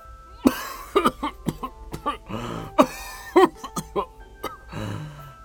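An old Buddhist monk, patting his chest, coughs over and over in a long, ragged fit: harsh hacking bursts come in quick irregular succession, broken by strained, wheezy gasps for breath.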